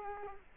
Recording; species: mosquito wingbeat signal from an infrared sensor; Culex quinquefasciatus